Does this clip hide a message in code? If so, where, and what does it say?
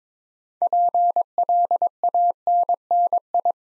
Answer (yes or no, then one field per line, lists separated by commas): yes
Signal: Morse code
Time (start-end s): 0.6-3.5 s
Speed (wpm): 22 wpm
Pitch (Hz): 700 Hz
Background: none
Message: PLANNI